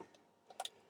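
A short cable connector is plugged into its socket on a Creality K1C 3D printer. A few faint ticks come before two sharp, bright clicks at 0.6 and 0.65 seconds, and the connector seats in the socket.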